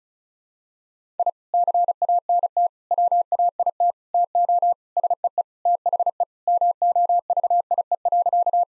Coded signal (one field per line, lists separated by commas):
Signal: Morse code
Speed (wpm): 36 wpm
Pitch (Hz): 700 Hz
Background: none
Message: I CANT WAIT TO SEE THE MOVIE.